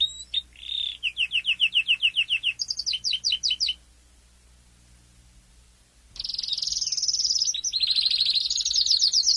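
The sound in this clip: Domestic canary song: rapid high trills and rolling phrases, a silent pause of about two seconds, then a dense, buzzy high roll to the end.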